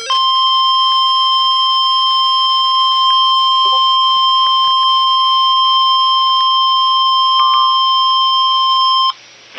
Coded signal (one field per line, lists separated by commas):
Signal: Emergency Alert System (SAME) tones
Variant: 1050 Hz attention tone